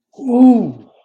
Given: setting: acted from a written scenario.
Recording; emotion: vocal sound without words; elation